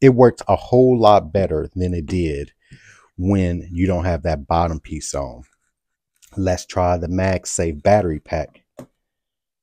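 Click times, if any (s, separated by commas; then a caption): 8.8 s. A magnetic snap-on battery pack is placed onto the back of a phone fitted with a modular case, with the case's bottom piece removed. Someone talks, and then a short click is heard at 8.8 s as the pack seats with no gap and the phone is charging.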